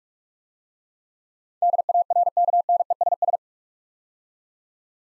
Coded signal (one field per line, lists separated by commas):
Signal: Morse code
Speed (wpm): 44 wpm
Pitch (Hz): 700 Hz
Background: none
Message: DARKNESS